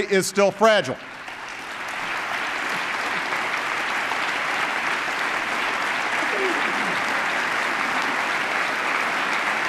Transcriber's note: applause